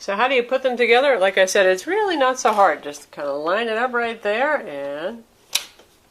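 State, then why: Seated. Someone talks while lining up the Asus Transformer Book TX300's detachable tablet display with the keyboard dock's hinge connector and pushing it down. At 5.6 s the display seats into the dock with one sharp, bright snap, and the talking has stopped just before it.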